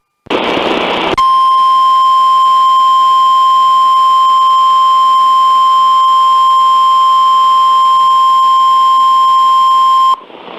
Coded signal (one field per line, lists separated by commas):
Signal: Emergency Alert System (SAME) tones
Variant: 1050 Hz attention tone